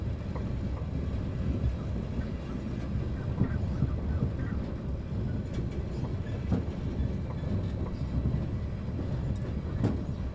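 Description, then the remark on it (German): Steady, heavy rumble of a moving train to Salzburg heard from inside a carriage, a dense low roar with faint rattles and occasional sharp clicks from the wheels, no voices; it has begun to snow. “Wieder im Zug nach Salzburg.”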